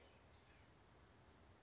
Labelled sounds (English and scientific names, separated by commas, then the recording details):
Western Flycatcher (Empidonax difficilis)
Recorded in Sonoma County, California